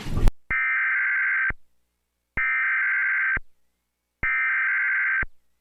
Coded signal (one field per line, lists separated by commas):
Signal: Emergency Alert System (SAME) tones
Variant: header bursts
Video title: EAS SCENARIO: Last Day With Hybrids (PREVIEW)